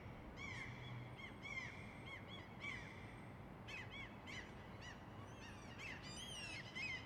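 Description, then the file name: Several gulls mewing: plaintive, arched, nasal notes tumbling one after another, some rising and falling, with a soft rumbling background throughout. "Seagulls"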